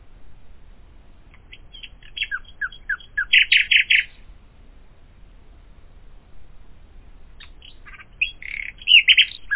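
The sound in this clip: Common nightingale song: descending whistled notes lead into a run of loud repeated chirps, a pause follows, then a new phrase of clicks and rich warbled notes.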